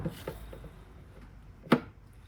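A new plastic transmission filter is pushed up into its bore in the valve body on the underside of the 6-speed automatic transmission of a 2009–2014 (12th generation) Ford F-150. After a faint knock at 0.3 s and quiet handling, a sharp snap at 1.7 s marks the filter seating in place.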